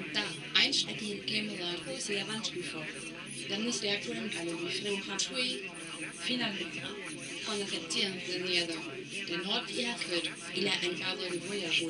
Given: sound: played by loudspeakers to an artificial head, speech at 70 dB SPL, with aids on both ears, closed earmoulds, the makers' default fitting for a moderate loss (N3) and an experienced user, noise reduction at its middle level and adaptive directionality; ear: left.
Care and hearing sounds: speech test signal (ISTS) in cocktail-party noise; +3 dB; on the right (90 degrees)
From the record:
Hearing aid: class 2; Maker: B

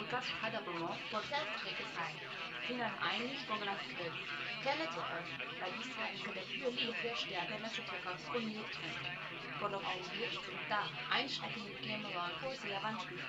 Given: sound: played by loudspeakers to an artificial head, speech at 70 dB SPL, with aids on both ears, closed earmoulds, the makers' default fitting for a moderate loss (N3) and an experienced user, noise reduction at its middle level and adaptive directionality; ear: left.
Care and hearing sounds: speech test signal (ISTS) in cocktail-party noise; +3 dB; on the right (90 degrees)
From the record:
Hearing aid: class 1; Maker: F

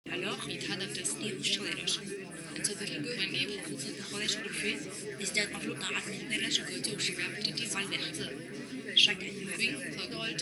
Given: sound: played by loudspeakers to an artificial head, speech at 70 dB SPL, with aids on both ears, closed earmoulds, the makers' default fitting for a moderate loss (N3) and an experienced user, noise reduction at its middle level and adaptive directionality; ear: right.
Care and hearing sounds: speech test signal (ISTS) in cocktail-party noise; -6 dB; in front (0 degrees)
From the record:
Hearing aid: class 2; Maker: J

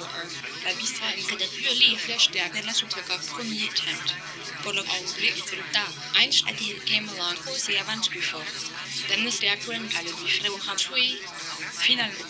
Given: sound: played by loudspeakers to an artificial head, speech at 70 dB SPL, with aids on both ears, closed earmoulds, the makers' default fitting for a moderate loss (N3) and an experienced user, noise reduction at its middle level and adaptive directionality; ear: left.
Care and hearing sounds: speech test signal (ISTS) in cocktail-party noise; -3 dB; in front (0 degrees)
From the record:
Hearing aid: class 2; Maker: A

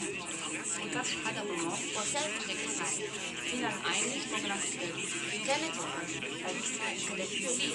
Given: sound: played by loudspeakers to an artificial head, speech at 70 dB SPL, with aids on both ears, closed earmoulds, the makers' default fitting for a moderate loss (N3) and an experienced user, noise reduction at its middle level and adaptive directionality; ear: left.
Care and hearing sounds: speech test signal (ISTS) in cocktail-party noise; -3 dB; on the right (90 degrees)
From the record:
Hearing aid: class 2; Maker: E

